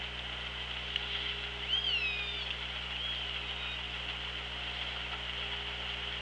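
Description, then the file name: Orca call: one harmonic call with a rising then slowly falling, drawn-out contour early on, set against continuous hiss and low hum. Recorded on the OrcaLab hydrophone, 24 August 2017, 16:17. "Orca Lab 20170824 161757"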